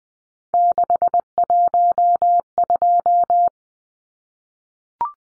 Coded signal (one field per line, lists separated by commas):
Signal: Morse code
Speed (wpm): 20 wpm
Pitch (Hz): 700 Hz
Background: none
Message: 612